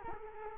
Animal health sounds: mosquito wingbeat signal from an infrared sensor; Culex quinquefasciatus

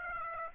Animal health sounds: mosquito wingbeat signal from an infrared sensor; Aedes aegypti

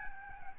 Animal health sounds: mosquito wingbeat signal from an infrared sensor; Aedes albopictus

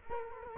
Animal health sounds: mosquito wingbeat signal from an infrared sensor; Culex quinquefasciatus

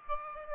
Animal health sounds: mosquito wingbeat signal from an infrared sensor; Aedes aegypti

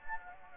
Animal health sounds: mosquito wingbeat signal from an infrared sensor; Anopheles gambiae

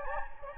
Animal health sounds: mosquito wingbeat signal from an infrared sensor; Anopheles gambiae

